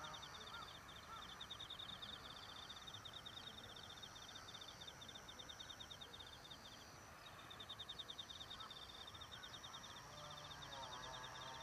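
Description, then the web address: Evening cicada giving extended trains of quick shrill pulses with a pause mid-way, against a broad hiss of background noise. "kanakana enma"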